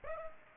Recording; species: mosquito wingbeat signal from an infrared sensor; Aedes aegypti